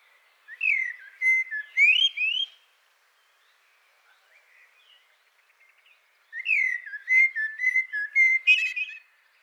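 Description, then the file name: Eurasian blackbird delivering rich whistled phrases with sliding notes and squeaky high flourishes, separated by a few seconds of faint warbling. "Turdus merula"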